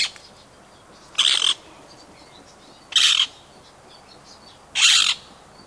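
Rose-ringed parakeet giving three harsh, rasping screeches, each about a third of a second, spaced nearly two seconds apart, over a low steady background hiss.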